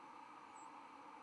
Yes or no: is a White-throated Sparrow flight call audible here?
no